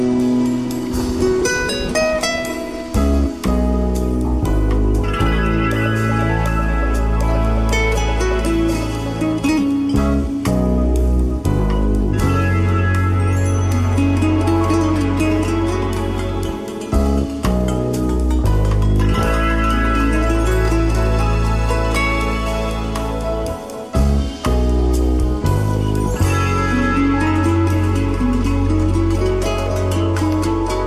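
Smooth jazz plays at a steady level, with deep sustained bass notes, a gliding melody line and crisp regular drum hits, briefly pausing near 17 and 24 seconds.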